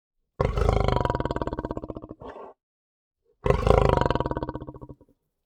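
Lion growl: two long, deep, rough, pulsing growls, each fading out, with a short grunt after the first.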